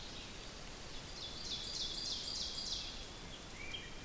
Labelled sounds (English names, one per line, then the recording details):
Ovenbird song
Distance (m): 70 m
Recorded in boreal forest in Alberta, Canada, on 6 June 2016 at 06:53
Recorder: SongMeter 3, array SBT-3-51
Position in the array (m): 236 m, 8 m
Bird 27